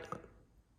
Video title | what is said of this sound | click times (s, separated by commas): 16v 4age spare motor tear down Part 4 | And keep on going till it clicks, just like that. That's 15. | 0.1 s